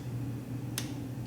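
A click-type torque wrench is pulled smoothly on a snugged-down engine fastener of a Gen 1 Suzuki Hayabusa until it clicks at its set torque. A single sharp snap sounds at 0.8 s over a steady low hum, and the job is declared done.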